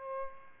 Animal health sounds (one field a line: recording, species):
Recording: mosquito wingbeat signal from an infrared sensor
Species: Aedes albopictus